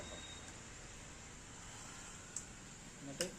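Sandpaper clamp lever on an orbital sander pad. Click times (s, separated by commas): 2.4 s, 3.2 s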